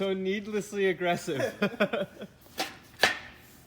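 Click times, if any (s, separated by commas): 3.0 s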